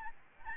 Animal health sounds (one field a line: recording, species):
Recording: mosquito wingbeat signal from an infrared sensor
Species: Aedes albopictus